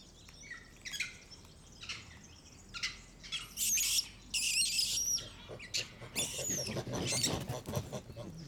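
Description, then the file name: Monkey screeches: shrill, high squeals in bursts, then a run of rapid chattering pulses toward the end. "singes"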